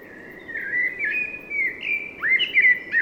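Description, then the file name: Common blackbird producing a run of smooth warbled whistles, slightly wavering in pitch, growing louder toward the end, over soft background noise. "Turdus merula"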